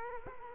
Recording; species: mosquito wingbeat signal from an infrared sensor; Culex quinquefasciatus